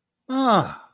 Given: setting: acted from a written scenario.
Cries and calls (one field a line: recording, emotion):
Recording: vocal sound without words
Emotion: realization